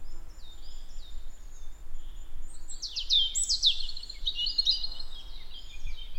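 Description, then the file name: European robin song, a faint thin whistle at first, then a bright burst of rapid high tinkling notes midway, over steady low background noise. "Erithacus rubecula"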